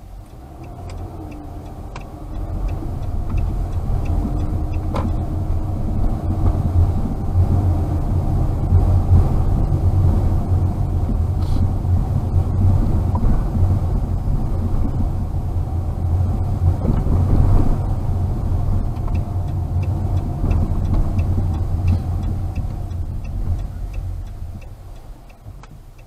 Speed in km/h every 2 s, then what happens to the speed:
0, 14, 17, 21, 24, 25, 24, 23, 23, 23, 20, 14, 7.
0-10 pulls away to 25. 10-19 steady at about 23. 19-26 slows to 7.